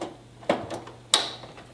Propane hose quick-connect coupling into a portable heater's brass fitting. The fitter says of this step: you hear it snap in place that's connected so you pull that ring down and push it up in there till it clicks